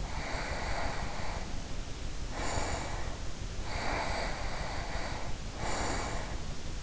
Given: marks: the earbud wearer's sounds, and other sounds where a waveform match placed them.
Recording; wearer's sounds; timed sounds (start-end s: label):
sounds in sleep by an in-ear microphone; breath
0.00-3.37 s: breath
3.63-6.56 s: breath